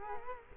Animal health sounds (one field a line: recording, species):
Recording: mosquito wingbeat signal from an infrared sensor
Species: Culex quinquefasciatus